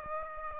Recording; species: mosquito wingbeat signal from an infrared sensor; Aedes aegypti